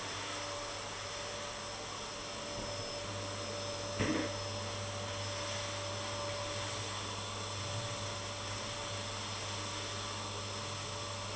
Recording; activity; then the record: daily activity, microphone in the room; vacuum cleaning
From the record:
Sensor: 4